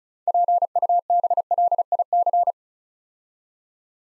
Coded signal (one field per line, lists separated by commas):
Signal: Morse code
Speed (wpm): 36 wpm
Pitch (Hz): 700 Hz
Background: none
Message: PUBLIC